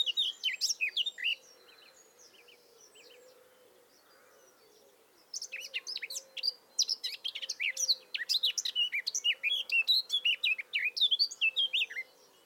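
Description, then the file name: Eurasian blackcap song: a short warbled phrase, a quiet pause, then a long, energetic run of sharp chirps and whistles. "Sylvia atricapilla"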